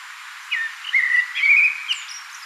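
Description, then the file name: Common blackbird giving a single short phrase of smooth, gliding fluty whistles that end in a faint high squeak. "Turdus merula"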